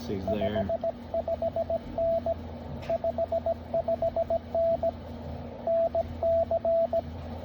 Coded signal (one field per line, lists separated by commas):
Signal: Morse code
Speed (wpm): 18 wpm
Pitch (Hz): 690 Hz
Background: speech, radio noise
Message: 55N 55N NC